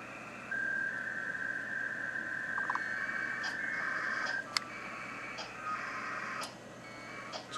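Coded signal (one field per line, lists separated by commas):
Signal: packet radio (AX.25, as in APRS)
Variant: HF packet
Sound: a roughly four-second warbling data tone burst over hiss, with a few clicks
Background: radio static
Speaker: that just went to transmit on HF that's if you can hear it that was the packet on HF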